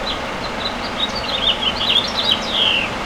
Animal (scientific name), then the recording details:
Haemorhous mexicanus. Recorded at Patchogue on Long Island, New York, on 21 June 2013. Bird G